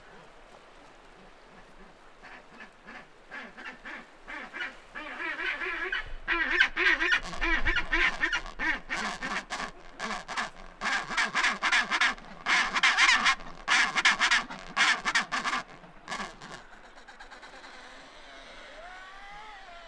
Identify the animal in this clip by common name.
Chinstrap Penguin